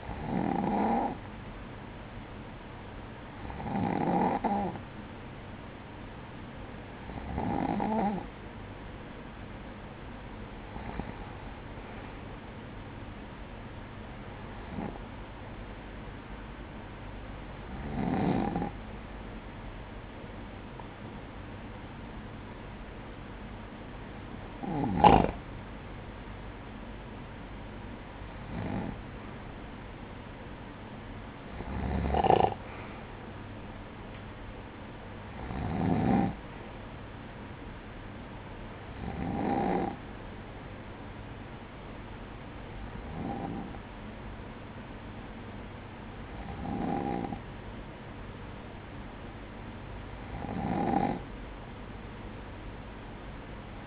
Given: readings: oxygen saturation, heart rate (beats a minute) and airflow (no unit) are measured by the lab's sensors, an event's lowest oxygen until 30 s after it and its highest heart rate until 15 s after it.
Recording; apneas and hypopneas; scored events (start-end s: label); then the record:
breathing in sleep by a voice recorder at the bedside; none
none scored
From the record:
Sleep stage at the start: N2 (light sleep); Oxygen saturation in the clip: 94 to 96%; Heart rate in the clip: 54 to 61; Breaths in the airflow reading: 15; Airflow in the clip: -10.3 to 7.4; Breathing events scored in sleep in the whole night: 180 in 6.7 hours asleep